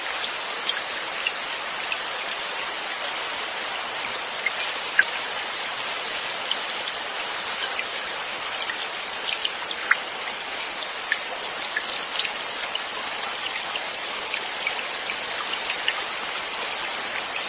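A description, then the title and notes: Steady rain falls through the night, a dense, even hiss concentrated in the upper range with little low rumble. Scattered sharper drops tick out of the wash every second or so, a few louder ones near five, ten and twelve seconds. Listen to the melody of the rain playing in the night.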